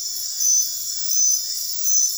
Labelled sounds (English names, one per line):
none